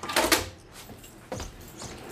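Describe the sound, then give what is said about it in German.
A door is opened for a visitor: a rattling clunk of the latch and handle, a brief quiet pause, then a second softer thud as it swings. No voices. “Haben Sie die Tür für mich schon aufgemacht?”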